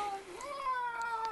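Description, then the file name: Cat meowing: one drawn-out meow that dips, rises, then slowly falls over more than a second, over a faint background hiss. "katzen"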